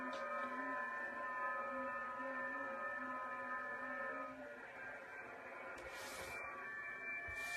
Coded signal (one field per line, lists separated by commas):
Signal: FT8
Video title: 05-13-2024 - Back in the Shack with VA3EWV - Unboxing items to get ready for POTA activations